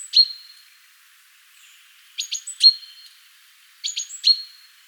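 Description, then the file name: Great tit giving a sharp high call, then two more phrases of quick clipped notes, each ending in a steady whistled tone. "Parus major"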